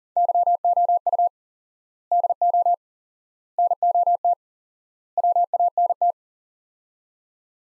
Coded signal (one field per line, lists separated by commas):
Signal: Morse code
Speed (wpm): 40 wpm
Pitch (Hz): 700 Hz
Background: none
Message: YOU DO NOT WANT